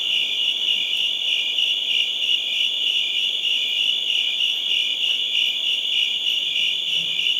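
Crickets chirp in a thick, ringing chorus with a regular pulse near three beats a second.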